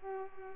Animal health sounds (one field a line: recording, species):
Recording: mosquito wingbeat signal from an infrared sensor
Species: Culex pipiens